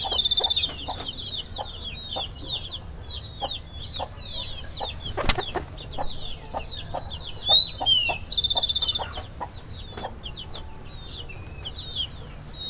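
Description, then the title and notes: Chicken: brief low clucks at uneven intervals, almost hidden by many shrill chirps, with two buzzy bursts and one sharp click midway. Chicken coop in Pujilí, Ecuador, 2019, recorded during a sound residency on traditional kitchens. "Yanuna_Paisajes. CORRAL DE GALLINAS. residencia "Yanuna de sonidos, Laboratorio de experimentación y creación sonora alrededor de las cocinas tradicionales de Pujilí. " en Pujilí - Ecuador 2019"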